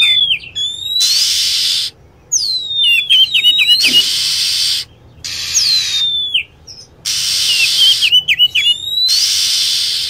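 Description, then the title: Lovebird vocalizing: falling whistles and quick twittering chirps alternating with extended raspy, hissing screeches, repeated over ten seconds. Lure sound used for attracting lovebirds. "PIKAT BURUNG LOVEBIRD"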